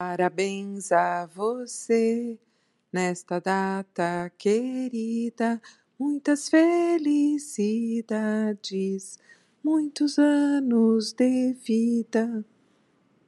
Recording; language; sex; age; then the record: short text; Brazilian Portuguese; female; 50 to 59 years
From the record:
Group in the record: control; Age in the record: 52 years